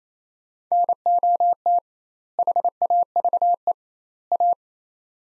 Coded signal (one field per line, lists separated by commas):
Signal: Morse code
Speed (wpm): 27 wpm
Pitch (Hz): 700 Hz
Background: none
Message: NOT HAVE A